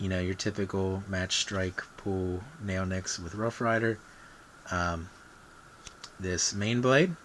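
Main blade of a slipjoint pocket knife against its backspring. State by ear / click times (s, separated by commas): not seated / none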